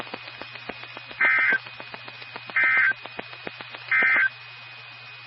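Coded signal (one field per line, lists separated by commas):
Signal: Emergency Alert System (SAME) tones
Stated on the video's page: Flood Warnings and Severe Thunderstorm Warnings for the Ohio Valley Region, from NOAA Weather Radio stations in Columbus and Miamisburg, Ohio.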